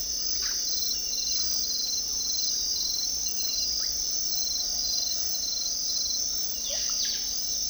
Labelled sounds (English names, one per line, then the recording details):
Russet-backed Oropendola
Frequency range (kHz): Russet-backed Oropendola 0.3-4.9 kHz
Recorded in secondary vegetation near Puerto Asís, Putumayo, Colombia, on 21 February 2024 at 06:00
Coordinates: 0.500, -76.326
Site G6428